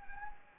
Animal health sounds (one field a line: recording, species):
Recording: mosquito wingbeat signal from an infrared sensor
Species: Anopheles gambiae